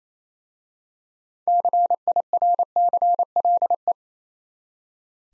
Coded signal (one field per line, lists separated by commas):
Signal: Morse code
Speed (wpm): 28 wpm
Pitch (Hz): 700 Hz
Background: none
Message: CIRCLE